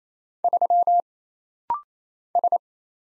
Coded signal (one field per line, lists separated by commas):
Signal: Morse code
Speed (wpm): 27 wpm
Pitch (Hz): 700 Hz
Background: none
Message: 3 S